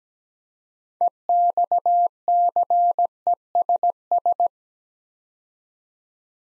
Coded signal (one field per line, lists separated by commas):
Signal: Morse code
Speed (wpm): 17 wpm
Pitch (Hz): 700 Hz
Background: none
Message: EXCESS